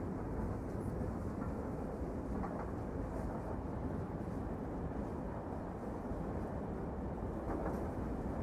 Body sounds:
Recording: background sound without coughing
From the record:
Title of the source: Train Ride Ambience ambient white noise for sleeping, focus, studying, reading

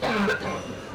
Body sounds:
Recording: coughing mixed with background sound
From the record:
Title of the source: Barking cough - # 10

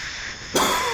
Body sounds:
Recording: coughing mixed with background sound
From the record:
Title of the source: Mid-morning Winter Coughing Fit

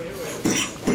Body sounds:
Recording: coughing mixed with background sound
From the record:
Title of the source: Spring Cold Coughing 3

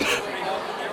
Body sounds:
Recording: coughing mixed with background sound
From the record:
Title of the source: 64 coughing, allergies, singing lungs

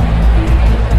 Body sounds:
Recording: background sound without coughing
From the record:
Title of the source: Party Noise 1 Hour Party Ambience

